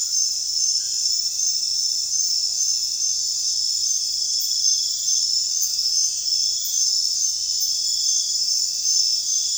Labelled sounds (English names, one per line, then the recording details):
none
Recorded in secondary vegetation near Puerto Asís, Putumayo, Colombia, on 23 June 2025 at 22:30
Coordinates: 0.498, -76.327
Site GP09